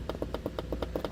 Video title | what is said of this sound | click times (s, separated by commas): etrailer - Redarc Tow-Pro Liberty Brake Controller Installation - 2015 Chevrolet Express Van | And you just want to make sure that with the button on there, you get a nice audible click. | 0.1 s, 0.3 s, 0.6 s, 0.8 s, 1.0 s